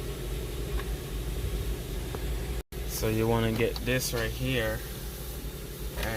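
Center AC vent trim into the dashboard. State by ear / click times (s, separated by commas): not seated / none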